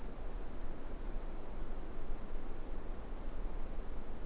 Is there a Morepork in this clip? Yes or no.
no